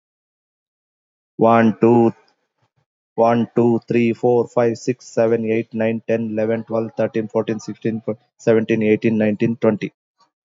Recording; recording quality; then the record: counting at a fast pace; excellent, no background noise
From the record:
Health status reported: recovered from COVID-19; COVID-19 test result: positive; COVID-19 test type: RT-PCR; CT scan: not taken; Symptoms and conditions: cough, cold, sore throat, fever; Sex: male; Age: 41 years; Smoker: no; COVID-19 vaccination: both doses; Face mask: not worn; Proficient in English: no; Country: India